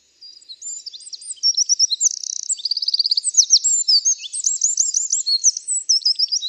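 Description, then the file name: Eurasian wren song, a fast, loud cascade of high trills and twittering notes, running on without pause for several seconds. "Troglodytes troglodytes"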